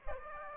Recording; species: mosquito wingbeat signal from an infrared sensor; Aedes aegypti